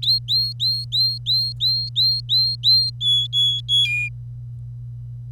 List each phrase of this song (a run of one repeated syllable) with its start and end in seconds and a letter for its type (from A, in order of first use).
0.02-2.90 A, 3.01-3.85 B, 3.86-4.09 C